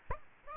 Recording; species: mosquito wingbeat signal from an infrared sensor; Aedes aegypti